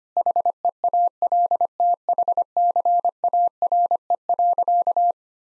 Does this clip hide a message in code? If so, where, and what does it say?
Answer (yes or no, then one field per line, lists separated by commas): yes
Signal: Morse code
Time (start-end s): 0.2-5.1 s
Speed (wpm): 25 wpm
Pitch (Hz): 700 Hz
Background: none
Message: HEALTHCARE.